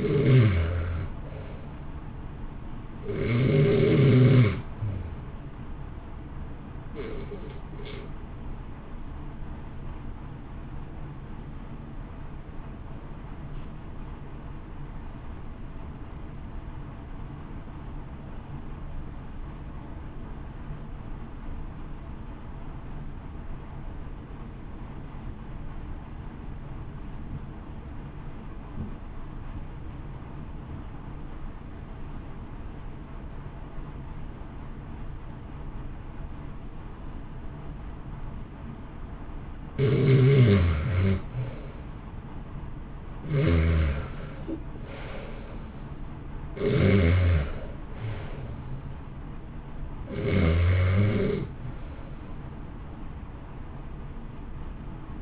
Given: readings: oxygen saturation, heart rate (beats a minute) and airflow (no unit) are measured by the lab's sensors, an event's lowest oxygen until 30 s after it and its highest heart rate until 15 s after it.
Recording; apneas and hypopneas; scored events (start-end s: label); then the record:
breathing in sleep by a smartphone at the bedside; 1
10.00-41.40 s: obstructive apnea (REM, oxygen 94% highest, then 64% lowest, heart rate 61 at the start, 74 highest)
From the record:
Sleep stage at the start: REM sleep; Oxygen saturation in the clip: 74 to 94%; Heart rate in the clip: 55 to 74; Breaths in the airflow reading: 7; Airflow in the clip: -1.5 to 1.8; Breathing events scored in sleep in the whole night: 328 in 6.3 hours asleep